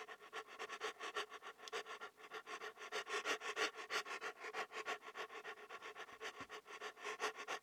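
Dog panting, quick breathy huffs repeated about three times a second in a steady, slightly uneven rhythm throughout.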